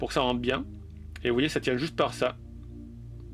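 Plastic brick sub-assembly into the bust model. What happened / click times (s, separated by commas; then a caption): The brick section is handled but has not yet snapped home / none. A pre-built plastic brick sub-assembly of a Xingbao 04002 alien bust is handled before being pressed into place underneath the model, after some pieces were trimmed so it fits. Someone talks over steady background music. Nothing has seated or clicked yet.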